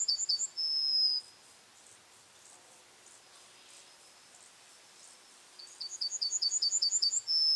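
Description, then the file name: Yellowhammer song: the long final note of one phrase, a quiet pause, then a fresh run of rapid repeated high notes. "citromsármány-hangja"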